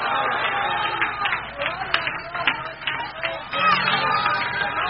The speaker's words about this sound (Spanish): Aplaude para el Señor. Grita gloria, grita gloria. Grita gloria.